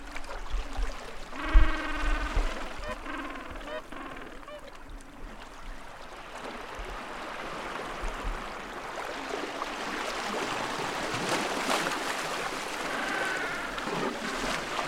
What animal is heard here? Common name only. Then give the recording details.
Gentoo Penguin. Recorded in the wild. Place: Cierva Cove (Appendice Island), Antarctica, AQ. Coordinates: -64.095, -60.58. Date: 2018-12-30. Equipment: Olympus LS-100, Sennheiser ME66. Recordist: Beaulieu, Michaël